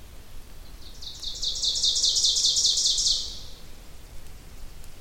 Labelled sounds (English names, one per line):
Ovenbird song